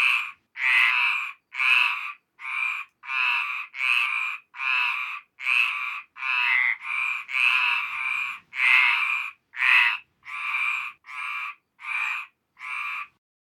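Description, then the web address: Frog croaking in a steady series of many short, raspy croaks with clean silence between them. "best service Blue Box animals frogs dry"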